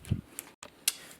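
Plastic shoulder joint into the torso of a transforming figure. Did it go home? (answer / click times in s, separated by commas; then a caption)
yes / 0.9 s. A stiff plastic shoulder joint on a ToyWorld TW-C05 Shovel (Masterpiece Constructicon Scrapper) transforming figure is rotated back into its torso. After a low thump near 0.1 s and faint ticks around 0.4 s and 0.6 s, the joint gives a sharp, bright snap at 0.9 s. The joint locks into place rather than staying loose.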